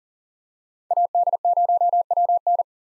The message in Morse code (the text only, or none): AD0WN